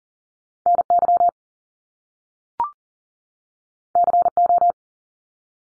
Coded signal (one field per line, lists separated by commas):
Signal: Morse code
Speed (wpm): 41 wpm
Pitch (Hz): 700 Hz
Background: none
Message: NY CO